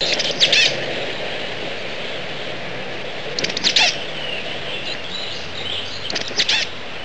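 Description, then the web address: Chestnut-backed chickadee calls: three short, buzzy, high-pitched bursts spaced roughly three seconds apart over a constant loud hiss of background noise. Recorded in northwestern California. "birdvocs nwcal CBCH"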